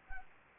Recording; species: mosquito wingbeat signal from an infrared sensor; Anopheles gambiae